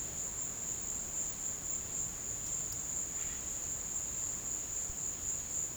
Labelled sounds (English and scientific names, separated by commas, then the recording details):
none
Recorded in pastures near Puerto Asís, Putumayo, Colombia, on 23 June 2025 at 15:00
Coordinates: 0.496, -76.326
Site GP01